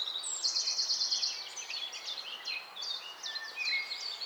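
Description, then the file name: Eurasian blackcap song: a thin high rattling trill opens, followed by a steady, fast warble of squeaky chirps and short slurred whistles. "Sylvia atricapilla"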